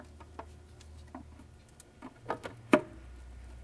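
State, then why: Seated. An O-ring-sealed oil pickup tube, its O-ring lubricated with residual engine oil, is slid into the oil pump of a BMW N55 engine (2009–2019 E90 335i, F30 335i, F87 M2, E82 135is) during a rod bearing replacement. Over a low steady hum, faint ticks and scrapes come at about 0.4, 1.2, 2.3 and 2.5 seconds. A sharp, much louder click at 2.7 seconds confirms the pickup has seated in place.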